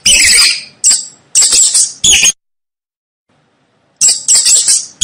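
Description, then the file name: Mouse squeaking: shrill, scratchy high squeaks in quick clusters, a long silent gap, then another rapid run of squeaks. Mouse squeaking to help a baby fall asleep. "Tieng chuot keu cho be ngu"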